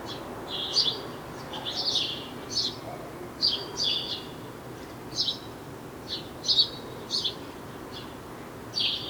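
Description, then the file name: House sparrow calling with bright chirps in small clusters separated by short pauses, against a quiet hiss. "Passer domesticus"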